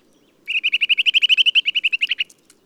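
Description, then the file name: Eurasian nuthatch giving a fast, even trill of many clear piping notes on one pitch, over a faint low hum. "Sitta europaea"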